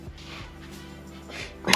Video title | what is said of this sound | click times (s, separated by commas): Installing an Integra engine in a Civic - D to B series swap (D16 to B18) | there click all right now now do you want to do another one | 1.7 s